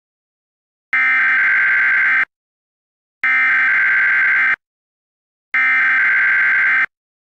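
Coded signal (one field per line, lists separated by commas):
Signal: Emergency Alert System (SAME) tones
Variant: header bursts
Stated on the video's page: Fictional EAS scenario of a Yellowstone caldera eruption; not real.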